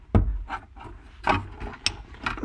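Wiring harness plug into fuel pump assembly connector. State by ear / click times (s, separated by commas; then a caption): seated / 1.9 s. A wiring harness plug is pushed onto the fuel pump / sending unit connector on top of the fuel pump assembly, with a sharp knock at 0.1 s followed by short rubbing and scraping sounds. A small, sharp click at 1.9 s marks the plug locking home, and the connector is seated.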